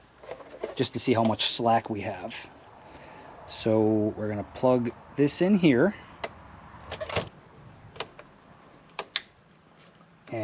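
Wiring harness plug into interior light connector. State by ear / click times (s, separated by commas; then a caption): seated / 9.2 s. Someone talks, then an aftermarket Meso Customs interior lighting harness plug is pushed into the interior light connector of a 3rd-gen 2022+ Tundra, with small plastic ticks before a sharp click at 9.2 s as it seats.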